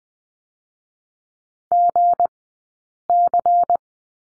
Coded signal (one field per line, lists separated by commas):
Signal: Morse code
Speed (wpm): 20 wpm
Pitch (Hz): 700 Hz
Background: none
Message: GC